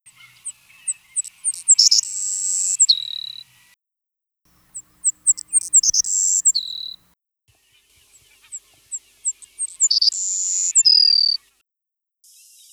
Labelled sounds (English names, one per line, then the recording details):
Savannah Sparrow song
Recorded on Kent Island, New Brunswick, in 1980